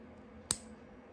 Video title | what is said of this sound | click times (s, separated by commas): Take The Headache Out Of Changing Needles On Commercial Embroidery Machines | You hear that? It clicks. It clicks into place. | 0.5 s